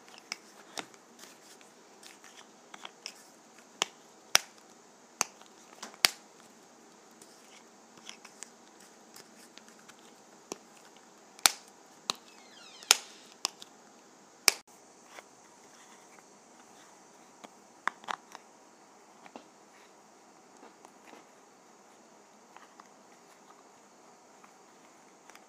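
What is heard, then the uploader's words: A lip gloss container is handled, giving sharp clicks and snaps scattered irregularly across the clip, with the loudest around the middle, near 11 to 15 seconds. Softer taps and sticky crackles fill the gaps over a quiet, faint hiss. ASMR Lip Gloss Container.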